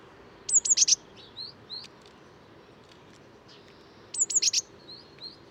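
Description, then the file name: Eurasian blue tit calling in two sharp bursts of very high, falling notes and rapid buzzy chips, soft short rising notes between bursts, constant faint hiss behind. "Cyanistes caeruleus"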